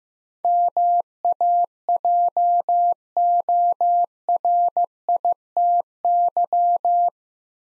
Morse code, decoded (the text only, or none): MAJORITY